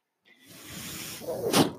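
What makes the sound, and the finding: Home mechanical ventilator. Home mechanical ventilator sound.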